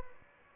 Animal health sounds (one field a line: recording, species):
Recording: mosquito wingbeat signal from an infrared sensor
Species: Aedes albopictus